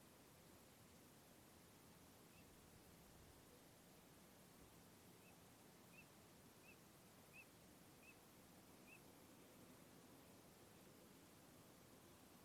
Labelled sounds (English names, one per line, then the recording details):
Eurasian Teal
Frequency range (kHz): Eurasian Teal 2.4-2.8 kHz
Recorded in France